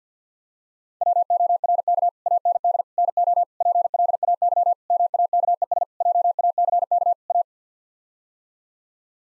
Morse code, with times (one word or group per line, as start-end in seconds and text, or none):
1.0-2.1 WORK
2.3-2.8 AND
3.0-3.4 NO
3.6-4.7 PLAY
4.9-5.8 MAKES
6.0-7.1 JACK
7.3-7.4 A